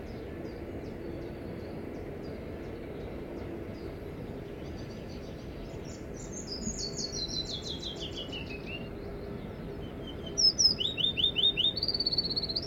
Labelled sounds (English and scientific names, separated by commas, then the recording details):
Willow Warbler (Phylloscopus trochilus)
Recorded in captivity
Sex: male
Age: adult
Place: Volierenanlage, Zoologisches Institut Universität Tübingen, Baden-Württemberg, DE
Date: 1964-05-27
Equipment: Nagra III PH, Parabolspiegelmikrophon, LGS26
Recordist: Schneider, Hans-Joachim